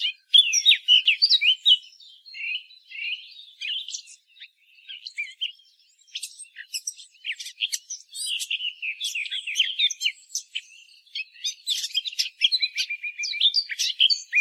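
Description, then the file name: Eurasian blackcap giving a long, rambling warble of quick high notes and slurred whistles, pausing briefly, then ending in a short rattling trill. "Sylvia atricapilla"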